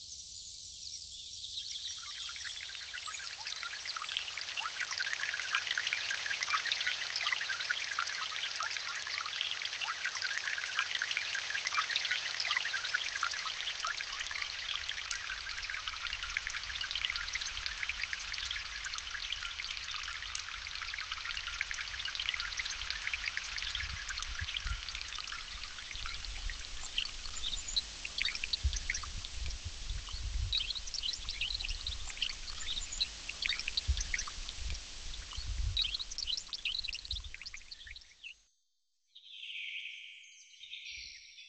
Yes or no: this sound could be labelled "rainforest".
yes